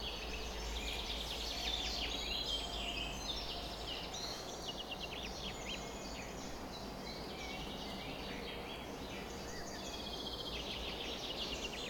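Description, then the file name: Birds in a busy chorus, rapid high chirps, trills and whistles overlapping continuously, over a low rumble and steady hiss. Summer morning bird chorus at 4:40 am. "summer morning bird chorus-4 40 am in cobs"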